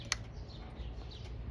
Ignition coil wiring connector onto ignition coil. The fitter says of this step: plug the connector back in until it clicks and